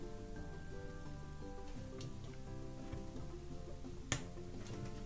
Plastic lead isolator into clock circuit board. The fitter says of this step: should hear them click to go in sometimes